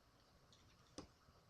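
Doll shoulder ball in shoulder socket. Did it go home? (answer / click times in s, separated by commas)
no / none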